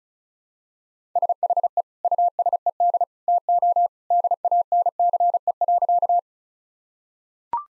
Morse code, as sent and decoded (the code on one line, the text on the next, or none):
... .... . / ..- ... . -.. / - --- / -.. .- -. -.-. . .-.-.-
SHE USED TO DANCE.